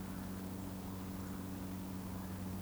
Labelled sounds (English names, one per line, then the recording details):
Eurasian Woodcock whistle
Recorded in Baden-Württemberg, Germany, on 23 June 2020 at 20:28 UTC
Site 14569, 102 m above sea level